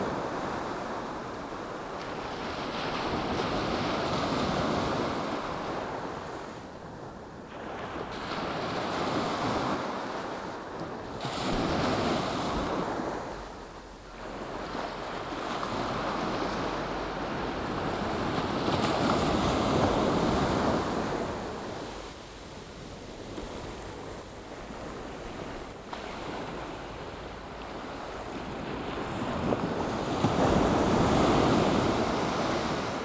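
Waves wash onto a beach in a steady, dense roar that swells and eases every few seconds, with brief lulls near 7, 14 and 24 seconds. The surf is full-bodied, and some wind rumble buffets the microphone underneath.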